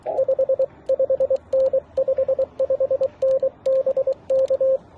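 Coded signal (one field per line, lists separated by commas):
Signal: Morse code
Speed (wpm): 23 wpm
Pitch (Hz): 530 Hz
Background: radio noise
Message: 55N 55N BK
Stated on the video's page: Morse code contacts during a Parks On The Air activation at a national historic park.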